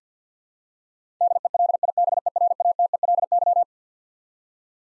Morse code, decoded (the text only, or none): DELIBERATELY